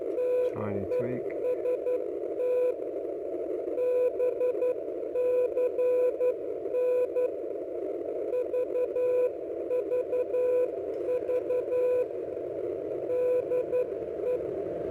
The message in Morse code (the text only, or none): TEST BCN VVV DE